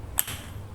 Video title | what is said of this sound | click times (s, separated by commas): నా కొత్త Hand blender review & demo --Meenakshi & Meenakshi -- ప్రతీ వంటింట్లో ఉండాల్సిందే -- SSK | అని ఒక క్లిక్ సౌండ్ వచ్చింది. సో అలా మనకి ఆ క్లిక్ సౌండ్ వస్తే | 0.2 s